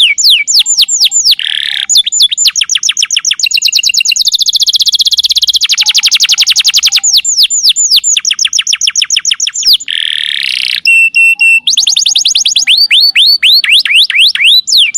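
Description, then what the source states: Canary singing continuously, with rapid trills of down-slurred notes, a dense rolling trill and buzzy passages, ending in rising, swooping notes. Young canary song used as a training lure for other canaries.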